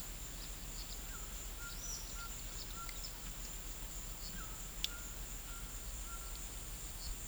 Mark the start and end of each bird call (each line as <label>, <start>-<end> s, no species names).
bird call, 1.57-2.95 s
bird call, 4.30-6.38 s